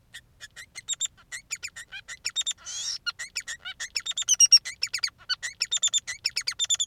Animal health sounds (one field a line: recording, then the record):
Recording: song of a male Bengalese finch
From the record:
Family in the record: son of father 3